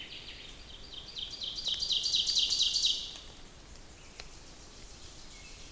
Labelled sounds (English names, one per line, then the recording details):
Ovenbird song
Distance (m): 35 m
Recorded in boreal forest in Alberta, Canada, on 28 May 2016 at 05:50
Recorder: SongMeter 3, array SBT-3-49
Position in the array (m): 41 m, 142 m
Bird 15